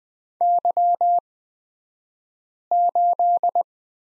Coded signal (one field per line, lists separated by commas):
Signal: Morse code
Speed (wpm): 20 wpm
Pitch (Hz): 700 Hz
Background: none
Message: Y8